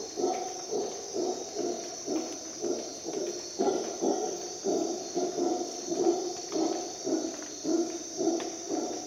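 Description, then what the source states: Howler monkey howling in rough, rhythmic grunting pulses about twice a second, over a steady high insect drone. At dawn in the jungle of Costa Rica, during an expedition.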